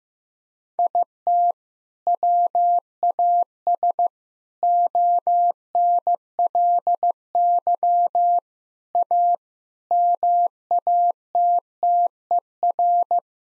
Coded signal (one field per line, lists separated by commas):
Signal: Morse code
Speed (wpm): 15 wpm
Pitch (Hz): 700 Hz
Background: none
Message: IT WAS ONLY A MATTER